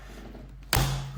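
The remaining side of a Tesla airbag module is pushed into the steering wheel, and after a quiet stretch its clip snaps home with a sharp, loud click at 0.7 s. A faint tap comes just before, and the click rings with a low hum afterward. Each side is then checked and confirmed good, so the airbag module is fully seated.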